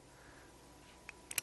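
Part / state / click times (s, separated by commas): barrel into pistol frame / not seated / none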